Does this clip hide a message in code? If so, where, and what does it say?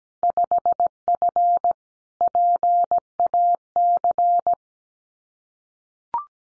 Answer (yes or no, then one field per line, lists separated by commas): yes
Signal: Morse code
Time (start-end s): 0.2-4.5 s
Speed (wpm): 17 wpm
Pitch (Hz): 700 Hz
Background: none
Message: 5F PAC